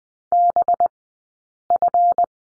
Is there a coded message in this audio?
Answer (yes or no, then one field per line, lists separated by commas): yes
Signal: Morse code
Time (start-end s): 0.3-2.2 s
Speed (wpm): 20 wpm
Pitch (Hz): 700 Hz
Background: none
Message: BF